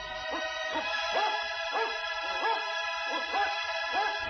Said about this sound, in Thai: พรามเจตบุตรได้ยินเสียงขู่คำรามของสุนัข